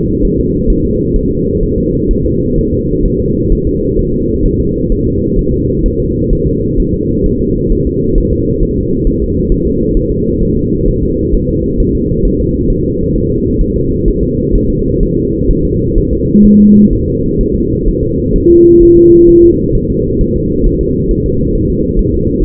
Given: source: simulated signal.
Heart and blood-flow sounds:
fetal heart sounds
0.25 s: S1
0.40 s: S2
0.70 s: S1
0.85 s: S2
1.16 s: S1
1.31 s: S2
1.63 s: S1
1.78 s: S2
2.11 s: S1
2.25 s: S2
2.58 s: S1
2.73 s: S2
3.06 s: S1
3.20 s: S2
3.52 s: S1
3.67 s: S2
3.99 s: S1
4.14 s: S2
4.45 s: S1
4.60 s: S2
4.92 s: S1
5.07 s: S2
5.39 s: S1
5.54 s: S2
5.86 s: S1
6.00 s: S2
6.33 s: S1
6.47 s: S2
6.80 s: S1
6.94 s: S2
7.26 s: S1
7.41 s: S2
7.72 s: S1
7.87 s: S2
8.18 s: S1
8.33 s: S2
8.63 s: S1
8.77 s: S2
9.07 s: S1
9.22 s: S2
9.52 s: S1
9.67 s: S2
9.97 s: S1
10.12 s: S2
10.43 s: S1
10.57 s: S2
10.88 s: S1
11.03 s: S2
11.34 s: S1
11.49 s: S2
11.80 s: S1
11.95 s: S2
12.25 s: S1
12.40 s: S2
12.70 s: S1
12.85 s: S2
13.15 s: S1
13.30 s: S2
13.61 s: S1
13.76 s: S2
14.08 s: S1
14.23 s: S2
14.55 s: S1
14.70 s: S2
15.03 s: S1
15.18 s: S2
15.50 s: S1
15.65 s: S2
15.98 s: S1
16.13 s: S2
16.45 s: S1
16.60 s: S2
16.93 s: S1
17.08 s: S2
17.41 s: S1
17.56 s: S2
17.88 s: S1
18.03 s: S2
18.36 s: S1
18.50 s: S2
18.83 s: S1
18.97 s: S2
19.29 s: S1
19.44 s: S2
19.75 s: S1
19.90 s: S2
20.21 s: S1
20.36 s: S2
20.66 s: S1
20.81 s: S2
21.11 s: S1
21.26 s: S2
21.56 s: S1
21.70 s: S2
21.99 s: S1
22.14 s: S2
22.43 s: S1
From the record:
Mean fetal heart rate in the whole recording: 130 bpm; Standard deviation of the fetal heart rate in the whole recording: 4 bpm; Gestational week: 38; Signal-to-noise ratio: -14.7 dB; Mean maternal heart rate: 72 bpm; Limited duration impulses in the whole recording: present

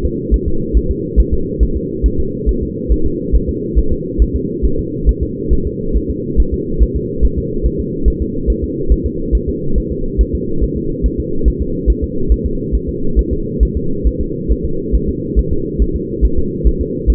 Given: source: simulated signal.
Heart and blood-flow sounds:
fetal heart sounds
0.05 s: S2
0.34 s: S1
0.48 s: S2
0.77 s: S1
0.91 s: S2
1.20 s: S1
1.33 s: S2
1.63 s: S1
1.77 s: S2
2.06 s: S1
2.20 s: S2
2.49 s: S1
2.63 s: S2
2.92 s: S1
3.06 s: S2
3.35 s: S1
3.49 s: S2
3.79 s: S1
3.92 s: S2
4.22 s: S1
4.36 s: S2
4.65 s: S1
4.79 s: S2
5.09 s: S1
5.23 s: S2
5.53 s: S1
5.67 s: S2
5.96 s: S1
6.10 s: S2
6.40 s: S1
6.54 s: S2
6.82 s: S1
6.96 s: S2
7.25 s: S1
7.38 s: S2
7.66 s: S1
7.80 s: S2
8.08 s: S1
8.22 s: S2
8.50 s: S1
8.64 s: S2
8.92 s: S1
9.06 s: S2
9.35 s: S1
9.49 s: S2
9.78 s: S1
9.92 s: S2
10.21 s: S1
10.35 s: S2
10.64 s: S1
10.77 s: S2
11.06 s: S1
11.20 s: S2
11.48 s: S1
11.62 s: S2
11.90 s: S1
12.04 s: S2
12.32 s: S1
12.46 s: S2
12.75 s: S1
12.89 s: S2
13.19 s: S1
13.33 s: S2
13.63 s: S1
13.77 s: S2
14.07 s: S1
14.21 s: S2
14.52 s: S1
14.65 s: S2
14.95 s: S1
15.09 s: S2
15.39 s: S1
15.53 s: S2
15.82 s: S1
15.96 s: S2
16.25 s: S1
16.38 s: S2
16.67 s: S1
16.81 s: S2
17.10 s: S1
From the record:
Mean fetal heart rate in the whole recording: 140 bpm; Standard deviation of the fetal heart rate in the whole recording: 2 bpm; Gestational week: 34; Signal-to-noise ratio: -8.1 dB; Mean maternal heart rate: 72 bpm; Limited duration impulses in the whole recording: absent

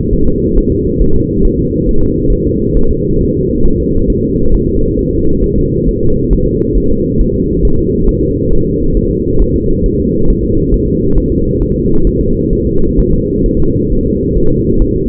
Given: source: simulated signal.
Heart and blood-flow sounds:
fetal heart sounds
0.13 s: S1
0.27 s: S2
0.58 s: S1
0.72 s: S2
1.02 s: S1
1.16 s: S2
1.45 s: S1
1.59 s: S2
1.89 s: S1
2.03 s: S2
2.32 s: S1
2.47 s: S2
2.77 s: S1
2.91 s: S2
3.21 s: S1
3.35 s: S2
3.66 s: S1
3.80 s: S2
4.10 s: S1
4.24 s: S2
4.54 s: S1
4.69 s: S2
4.99 s: S1
5.13 s: S2
5.44 s: S1
5.58 s: S2
5.89 s: S1
6.03 s: S2
6.33 s: S1
6.47 s: S2
6.77 s: S1
6.92 s: S2
7.21 s: S1
7.35 s: S2
7.65 s: S1
7.79 s: S2
8.09 s: S1
8.23 s: S2
8.53 s: S1
8.67 s: S2
8.97 s: S1
9.11 s: S2
9.42 s: S1
9.56 s: S2
9.86 s: S1
10.00 s: S2
10.30 s: S1
10.44 s: S2
10.74 s: S1
10.88 s: S2
11.18 s: S1
11.32 s: S2
11.62 s: S1
11.76 s: S2
12.07 s: S1
12.21 s: S2
12.53 s: S1
12.67 s: S2
12.99 s: S1
13.14 s: S2
13.46 s: S1
13.60 s: S2
13.92 s: S1
14.06 s: S2
14.38 s: S1
14.52 s: S2
14.82 s: S1
14.96 s: S2
From the record:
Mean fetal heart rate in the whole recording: 135 bpm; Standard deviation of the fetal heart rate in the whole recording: 3 bpm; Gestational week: 36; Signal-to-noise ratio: -17.7 dB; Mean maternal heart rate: 72 bpm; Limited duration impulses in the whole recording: present

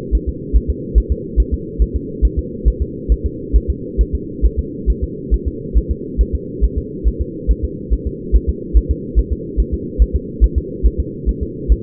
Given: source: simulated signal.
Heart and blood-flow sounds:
fetal heart sounds
0.15 s: S1
0.29 s: S2
0.56 s: S1
0.70 s: S2
0.98 s: S1
1.12 s: S2
1.40 s: S1
1.54 s: S2
1.82 s: S1
1.96 s: S2
2.25 s: S1
2.39 s: S2
2.68 s: S1
2.82 s: S2
3.12 s: S1
3.26 s: S2
3.56 s: S1
3.70 s: S2
4.01 s: S1
4.15 s: S2
4.45 s: S1
4.59 s: S2
4.90 s: S1
5.04 s: S2
5.34 s: S1
5.48 s: S2
5.77 s: S1
5.91 s: S2
6.21 s: S1
6.35 s: S2
6.64 s: S1
6.78 s: S2
7.08 s: S1
7.22 s: S2
7.51 s: S1
7.65 s: S2
7.93 s: S1
8.07 s: S2
8.36 s: S1
8.49 s: S2
8.77 s: S1
8.91 s: S2
9.19 s: S1
9.33 s: S2
9.60 s: S1
9.74 s: S2
10.02 s: S1
10.16 s: S2
10.44 s: S1
10.58 s: S2
10.86 s: S1
11.00 s: S2
11.29 s: S1
11.43 s: S2
11.72 s: S1
From the record:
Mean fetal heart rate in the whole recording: 140 bpm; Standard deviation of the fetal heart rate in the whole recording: 2 bpm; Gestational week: 34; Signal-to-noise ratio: -4.1 dB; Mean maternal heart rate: no maternal heart sound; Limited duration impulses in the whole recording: absent

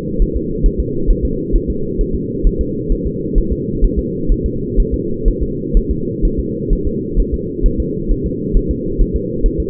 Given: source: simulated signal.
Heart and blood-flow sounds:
fetal heart sounds
0.22 s: S1
0.36 s: S2
0.66 s: S1
0.80 s: S2
1.10 s: S1
1.25 s: S2
1.55 s: S1
1.70 s: S2
2.01 s: S1
2.15 s: S2
2.47 s: S1
2.61 s: S2
2.92 s: S1
3.06 s: S2
3.38 s: S1
3.52 s: S2
3.84 s: S1
3.99 s: S2
4.32 s: S1
4.46 s: S2
4.80 s: S1
4.94 s: S2
5.28 s: S1
5.43 s: S2
5.77 s: S1
5.91 s: S2
6.25 s: S1
6.39 s: S2
6.73 s: S1
6.87 s: S2
7.20 s: S1
7.34 s: S2
7.66 s: S1
7.80 s: S2
8.12 s: S1
8.26 s: S2
8.57 s: S1
8.71 s: S2
9.01 s: S1
9.16 s: S2
9.46 s: S1
9.60 s: S2
From the record:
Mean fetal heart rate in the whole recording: 130 bpm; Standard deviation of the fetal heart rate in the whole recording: 4 bpm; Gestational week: 38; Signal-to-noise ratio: -6.6 dB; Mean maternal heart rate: 72 bpm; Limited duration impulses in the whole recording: present

